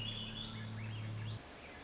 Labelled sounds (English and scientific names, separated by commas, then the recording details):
Swainson's Thrush (Catharus ustulatus)
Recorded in Sonoma County, California